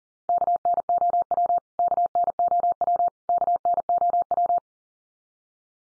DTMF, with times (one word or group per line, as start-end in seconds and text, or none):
none